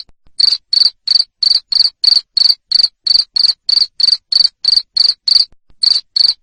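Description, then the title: Cricket chirping steadily, shrill buzzy bursts roughly three per second, with a short gap near the end. Loud cricket chirping used to stimulate lovebirds into continuous singing. "Suara JANGKRIK NGERIK Keras Bikin LOVEBIRD Jadi NGEKEK Terus"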